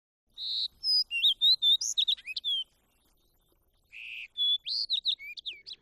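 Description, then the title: Fox sparrow song: a rich run of clear whistled notes and slurred phrases, about two seconds long, followed by a pause and a second similar burst of sweet whistles. "Birdnotes-Fox Sparrow"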